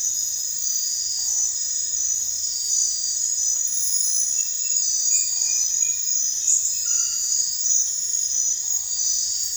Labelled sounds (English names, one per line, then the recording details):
none
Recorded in dense forest near Puerto Asís, Putumayo, Colombia, on 22 December 2024 at 00:00
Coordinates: 0.468, -76.322
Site G071